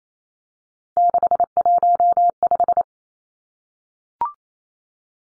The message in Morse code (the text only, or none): 615